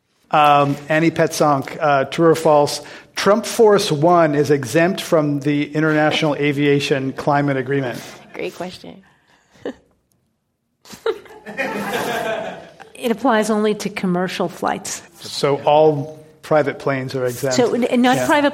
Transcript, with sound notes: Annie Petsonk, true or false. Trump Force One is exempt from the international aviation climate agreement?
Great question.
[Laughter]
It applies only to commercial flights.
So all private planes are exempt.